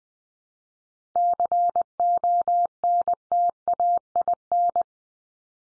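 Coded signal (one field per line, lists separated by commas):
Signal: Morse code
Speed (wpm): 20 wpm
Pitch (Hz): 700 Hz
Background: none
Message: CONTAIN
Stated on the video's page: Computer-generated Morse head-copy drill of the 500 most common English words at 20 wpm, each word sent three times, then spoken, then sent again.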